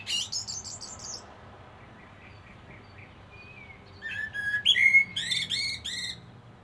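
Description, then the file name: Common blackbird song: high, buzzy notes at the start, soft whistled notes, then a rich fluted phrase breaking into rapid high twitters. "Turdus merula"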